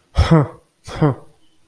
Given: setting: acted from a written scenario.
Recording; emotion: vocal sound without words; contempt